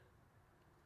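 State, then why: Not seated. An iPhone Air is pushed into a tight-fitting Dbrand Grip plastic case that fits so snugly it will not click in, so it has to be seated a different way. Only low, steady background noise is heard, with a brief, slightly louder sound right at the end near 0.9 s. Nothing has seated or clicked yet.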